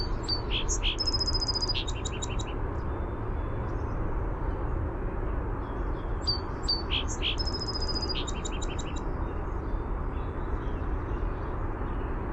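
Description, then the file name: Song sparrow song, two bright phrases of sharp opening notes, a rapid trill and a stuttering finish, heard over a steady low rumble. "SOSP song"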